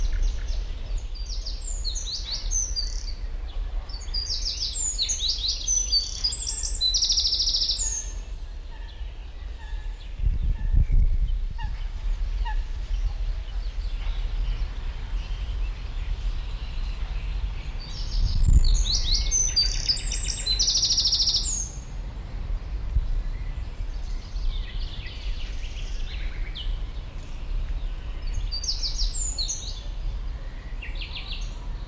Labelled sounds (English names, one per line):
Eurasian Wren